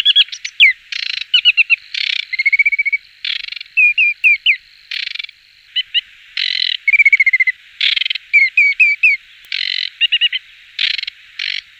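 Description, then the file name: Aquatic warbler singing a busy mix of grating churrs, short whistled trills and sharp clicking notes, phrases packed closely with brief pauses between them. "Kamyshovka vertlyavaya"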